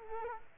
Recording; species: mosquito wingbeat signal from an infrared sensor; Culex quinquefasciatus